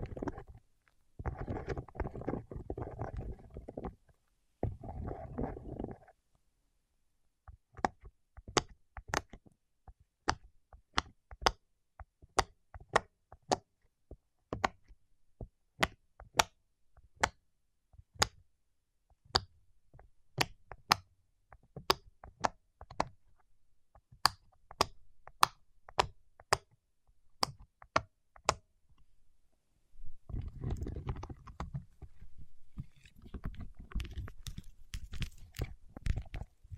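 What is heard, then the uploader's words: Waxed fingertips produce a dense, low, muffled rubbing for the first six seconds. Then comes a long run of sharp, bright sticky clicks and snaps, irregular and often several a second, before the low rubbing returns over the last seven seconds. ASMR with Wax Fingertips for Sleep (No Talking).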